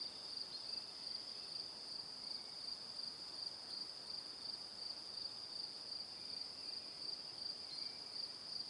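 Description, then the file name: Steady cricket chirping, a high rapid pulsed trill repeating without pause, over a quiet hiss. Crickets recorded in the evening. "Calm - Evening Crickets"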